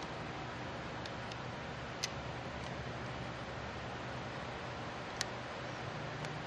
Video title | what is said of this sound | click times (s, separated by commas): Using The Torque Tools | Hear that click? He reached the 20 inch pounds. | 5.2 s